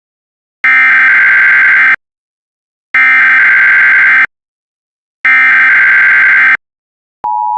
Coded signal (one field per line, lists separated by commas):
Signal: Emergency Alert System (SAME) tones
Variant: header bursts